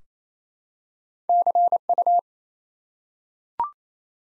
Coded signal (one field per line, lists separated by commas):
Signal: Morse code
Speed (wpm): 28 wpm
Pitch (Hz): 700 Hz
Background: none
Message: CU